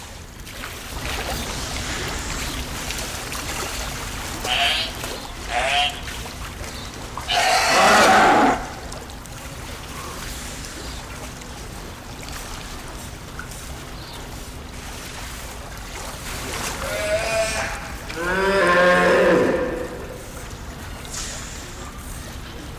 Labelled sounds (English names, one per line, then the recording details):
Brown Fur Seal call
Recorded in captivity
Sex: group
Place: Zoo Berlin, Berlin, DE
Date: 1996-01-12 10:24
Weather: bedeckt, um 0°C
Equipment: Marantz CP 430, Sennheiser ME 80, Kopie Uher 4000 Report Monitor
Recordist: Tembrock, Günter